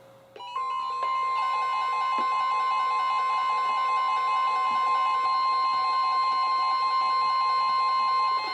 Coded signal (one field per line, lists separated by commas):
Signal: Emergency Alert System (SAME) tones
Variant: 1050 Hz attention tone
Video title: EAS #671-#696: Build a Boat? | KHB36, WNG736, & KEC83